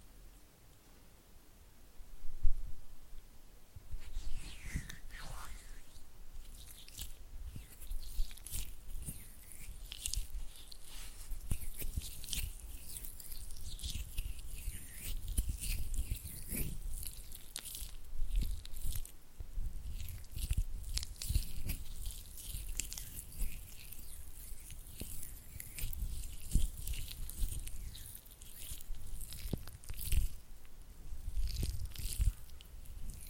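Oily hands rub and flutter fingers in dense, wet, crackling bursts that start after a few seconds of quiet and continue irregularly throughout.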